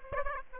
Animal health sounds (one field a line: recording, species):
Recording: mosquito wingbeat signal from an infrared sensor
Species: Aedes aegypti